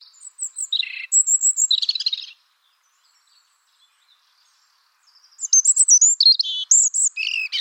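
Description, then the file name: European robin song: a quick burst of thin, high notes and trills, about three seconds of silence, then another fast, varied warbling phrase. "Erithacus rubecula"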